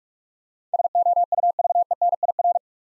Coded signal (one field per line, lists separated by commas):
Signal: Morse code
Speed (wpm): 44 wpm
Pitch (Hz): 700 Hz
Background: none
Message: SOUVENIR